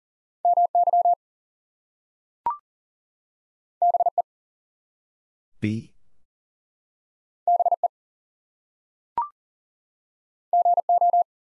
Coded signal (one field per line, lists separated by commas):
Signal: Morse code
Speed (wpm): 39 wpm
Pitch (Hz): 700 Hz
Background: none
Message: MY BE BE GO